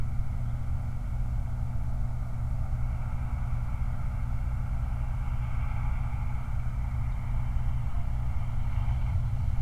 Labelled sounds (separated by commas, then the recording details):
truck
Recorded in the Prudhoe Bay oil fields, Alaska, on 29 July 2019
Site 29